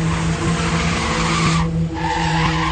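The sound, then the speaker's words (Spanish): A car races off at full speed while being pursued, its engine holding a loud, steady roar under a wash of tire-skid noise, with a brief dip in the hiss just before the end. “A toda velocidad, un Baume corre hacia el auto tratando de alcanzarlo.”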